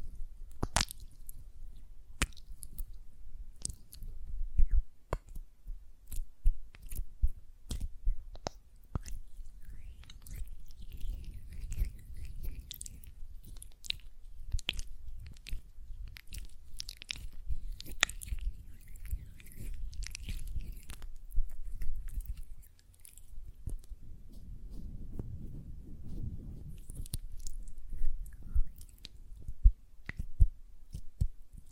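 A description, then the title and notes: Hands work a gel lotion, making wet, sticky squishes and soft smacking sounds that pile up densely through the whole stretch. Sharp clicky pops and snaps cut in often and irregularly, while a low, mushy rubbing swells around the middle and again near twenty-five seconds. ASMR Gel Lotion Hand Sounds (No Talking).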